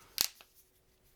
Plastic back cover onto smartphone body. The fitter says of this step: entendent les petit clip et voilà et